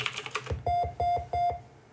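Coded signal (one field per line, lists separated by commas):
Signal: none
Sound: game's programmed sound beeps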